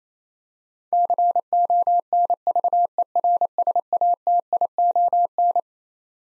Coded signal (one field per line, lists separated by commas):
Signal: Morse code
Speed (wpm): 27 wpm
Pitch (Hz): 700 Hz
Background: none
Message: CONVERSATION